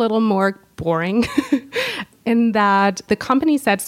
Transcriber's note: chuckle